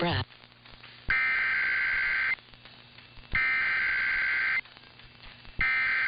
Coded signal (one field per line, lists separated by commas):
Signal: Emergency Alert System (SAME) tones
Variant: header bursts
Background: speech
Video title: [EAS #1801-#1802] West Coast Great Shakeout ￼Exercise